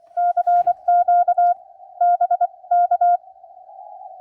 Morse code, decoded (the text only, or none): CQ B K